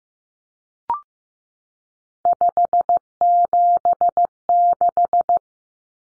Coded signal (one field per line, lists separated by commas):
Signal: Morse code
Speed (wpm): 15 wpm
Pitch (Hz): 700 Hz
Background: none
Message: 576